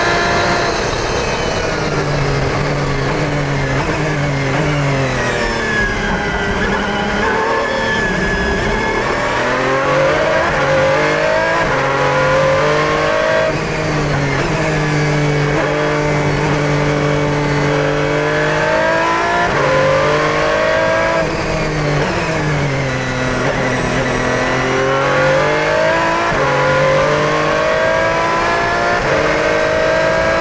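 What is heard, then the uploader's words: A V12 racing engine roars from inside the car, loud throughout, its pitch climbing steadily through each gear and dropping sharply on downshifts around 8, 13 and 23 seconds. A deep rumble runs underneath with occasional thumps and rattles. 2009 Lola-Aston Martin LMP1 In-Car Audio at Monza 2019. Jump into the cockpit of a 2009 Lola-Aston Martin LMP1 at the 2019 Monza ELMS weekend where we get to ride along and hear the 6.0-liter V12 engine scream down the long straights and pound over the curbs during a vintage racing session at the world-famous Italian road course.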